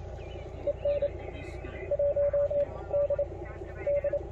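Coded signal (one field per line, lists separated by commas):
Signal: Morse code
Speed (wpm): 29 wpm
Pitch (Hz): 580 Hz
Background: speech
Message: EN 1 D D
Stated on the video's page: Morse sent by an operator working CW during Field Day 2023.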